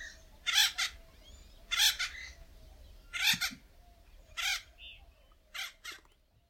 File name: Acorn Woodpecker Melanerpes formicivorus Russ Wigh